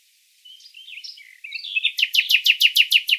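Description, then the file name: Common nightingale giving soft twisting warbled notes that build into loud, sharply repeated downslurred chirps. "Luscinia megarhynchos"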